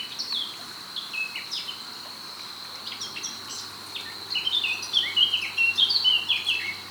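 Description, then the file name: Eurasian blackcap song: scattered faint notes, then a loud fast warble of sweeping whistled notes over the last few seconds, with a steady high hum. "Sylvia atricapilla"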